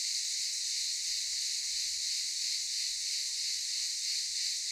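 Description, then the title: Cicadas in a dense, steady high-pitched buzzing chorus, a continuous hiss with slight swells, no other clear sounds. Cicadas calling in daytime at a camp in Çıralı, Kemer, Antalya, Turkey. "Ulupınar Mahallesi, Çıralı Yolu, 07980 Kemer/Antalya, Turkey - Cicadas daytime"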